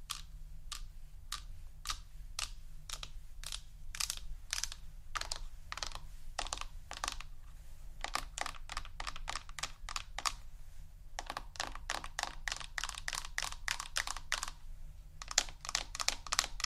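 Crisp, bright tapping in quick, even runs of clicks, like fingertips on a hard surface or keys. The taps come in bursts with short pauses near 8, 11 and 15 seconds, speeding up in the later runs. A low, steady hum sits underneath throughout.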